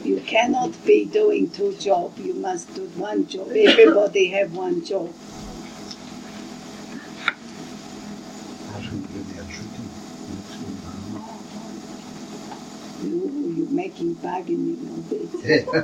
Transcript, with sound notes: You cannot be doing two job. You must do one job each. Everybody have one job. (The Group are discussing it between themselves.) Oh you making bargaining of it.